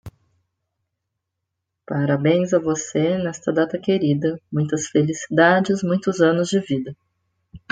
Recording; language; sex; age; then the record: short text; Brazilian Portuguese; female; 40 to 49 years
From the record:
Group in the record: control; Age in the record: 41 years